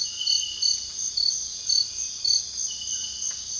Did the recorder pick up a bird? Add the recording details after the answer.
no. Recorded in secondary vegetation near Puerto Asís, Putumayo, Colombia, on 18 February 2024 at 05:30. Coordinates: 0.481, -76.323. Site G6376